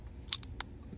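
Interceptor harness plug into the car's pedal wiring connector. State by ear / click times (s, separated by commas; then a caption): seated / 0.3 s. The other end of the comma pedal's interceptor harness is plugged into the Chevy Bolt EV's unplugged pedal wiring connector. A sharp click at 0.3 s is followed by two fainter ticks, and the connector is seated.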